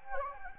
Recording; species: mosquito wingbeat signal from an infrared sensor; Anopheles gambiae